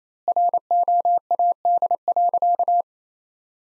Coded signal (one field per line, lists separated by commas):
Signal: Morse code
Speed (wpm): 27 wpm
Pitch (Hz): 700 Hz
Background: none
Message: ROAD.